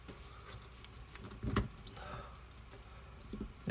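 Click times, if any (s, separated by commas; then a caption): 0.6 s, 1.6 s, 2.0 s. One side of a plastic Blokees Transformers Defender 06 building-block figure, held by plastic pegs and a ball joint, is mashed in harder by hand. Sharp snapping clicks sound at 0.6, 1.6 and 2.0 seconds over a quiet background, with softer ticks between them. The pegs and ball joint seat into place.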